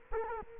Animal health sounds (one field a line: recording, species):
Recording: mosquito wingbeat signal from an infrared sensor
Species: Culex quinquefasciatus